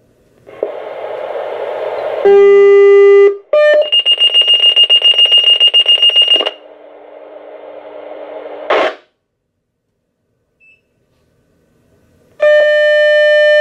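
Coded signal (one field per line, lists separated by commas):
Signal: two-tone page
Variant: Motorola Minitor pagers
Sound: radio hiss, a steady low tone, a brief second tone, then rapid high-pitched pager beeping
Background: radio static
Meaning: Test page alerting the pagers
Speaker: you will hear the page go through, the A tone the B tone, and then you will hear the pager alert and then the squelch will turn off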